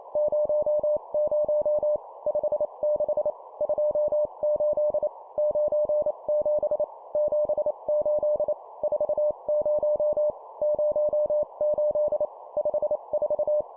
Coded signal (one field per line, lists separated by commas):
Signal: Morse code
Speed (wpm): 28 wpm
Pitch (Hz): 600 Hz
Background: none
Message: 00 56 28 97 78 40 08 54